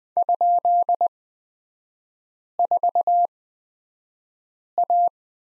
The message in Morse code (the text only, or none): ?4A